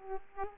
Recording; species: mosquito wingbeat signal from an infrared sensor; Aedes aegypti